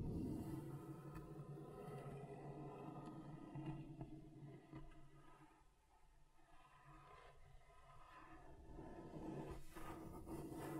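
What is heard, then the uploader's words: Something is scratched back and forth across a table surface, making a continuous low, grinding rasp with a rough, busy texture. The scraping eases and thins around the middle, near six seconds, then builds again, with sharper bright strokes near the end. ASMR Relaxing Table Scratching Different Surfaces (No Talking).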